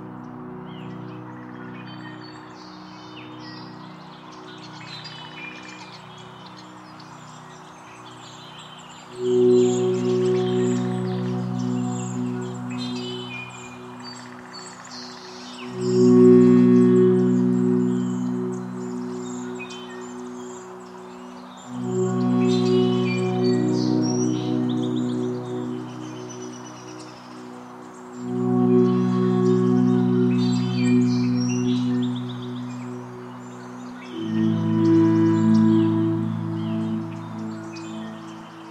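At Oaks Bottom along the Willamette River, scattered bird chirps and calls flicker high over a steady low droning hum. The drone swells in loud surges about every six seconds, near 9, 16, 22, 28 and 34 seconds, then eases back.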